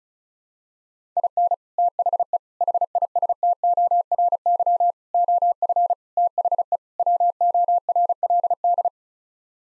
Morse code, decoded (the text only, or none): IN THE HISTORY OF THE WORLD